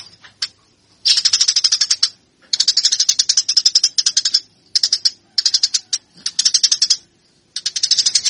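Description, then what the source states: Eurasian tree sparrow delivering short volleys of quick, scratchy high chirps, each burst lasting up to about one and a half seconds with pauses between. Fighting call of the tree sparrow, used as a training recording for birds.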